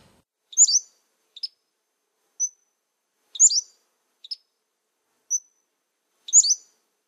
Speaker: That is the sound of a Pacific slope flycatcher, a migrant who just began arriving in our area.